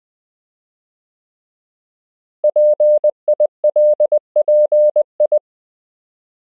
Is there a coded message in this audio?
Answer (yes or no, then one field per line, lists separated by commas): yes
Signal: Morse code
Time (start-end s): 2.4-5.4 s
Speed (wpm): 20 wpm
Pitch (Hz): 600 Hz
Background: none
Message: PILPI